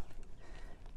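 A hand works the brake on the second caster wheel of a Gardenary rolling steel patio planter, about to lock it so the planter doesn't roll. Only low handling rumble and two faint taps near 0.2 and 0.9 seconds are heard. Nothing has clicked or locked yet.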